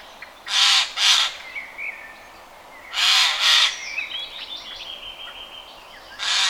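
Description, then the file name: Eurasian jay calling in harsh, noisy screeches, two pairs a few seconds apart and a third screech starting at the end, while small birds whistle and chirp softly in the background. "Garrulus glandarius"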